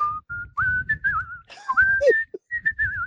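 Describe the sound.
A Québec whistling performer in costume whistles a bright pop hit, a run of clear, sliding tonal notes that rise and fall in a lively melody, with short gaps between phrases and a soft low hum underneath.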